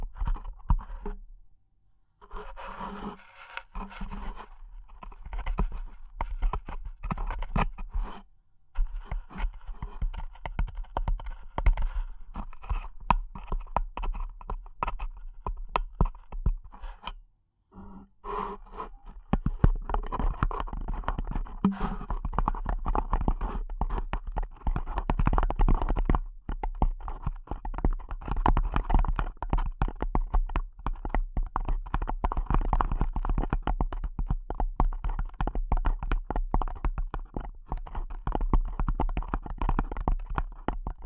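Delicate tapping runs through the whole recording as a dense patter of quick, light taps with a soft scraping texture. Brief silent gaps break it near 2, 8 and 17 seconds, and from about 19 seconds the tapping grows busier and steadier. A low hum sits underneath.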